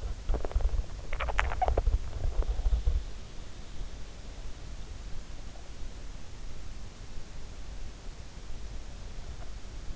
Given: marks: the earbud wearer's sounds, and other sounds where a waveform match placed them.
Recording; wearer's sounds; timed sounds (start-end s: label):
sounds in sleep by an in-ear microphone; swallowing
0.00-3.29 s: swallowing